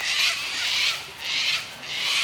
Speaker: Eww, those sulphur-crested cockatoos are so loud.